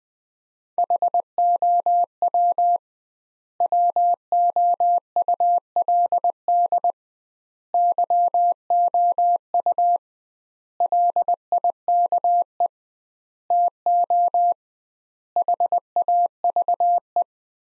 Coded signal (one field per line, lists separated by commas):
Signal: Morse code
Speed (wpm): 21 wpm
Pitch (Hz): 700 Hz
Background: none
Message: HOW WOULD YOU LIKE TO HAVE